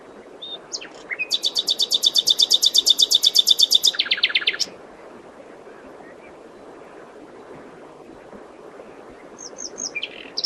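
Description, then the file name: Common nightingale song: a long rapid trill of about thirty loud repeated notes lasting three seconds, followed by quiet and a few soft whistles near the end. "Luscinia megarhynchos"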